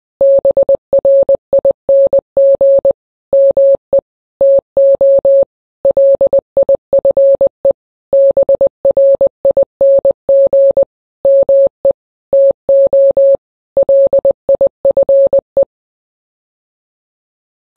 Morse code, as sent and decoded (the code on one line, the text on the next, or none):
-... .-. .. -. --. / -- . / - --- / .-.. .. ..-. . / -... .-. .. -. --. / -- . / - --- / .-.. .. ..-. .
BRING ME TO LIFE BRING ME TO LIFE